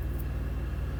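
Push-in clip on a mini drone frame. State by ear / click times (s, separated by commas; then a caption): not seated / none. A push-in clip is worked down onto the rounded top edge of a small 3-inch drone frame, but nothing has seated or clicked yet. A steady low rumble fills the clip, with no sharp sounds.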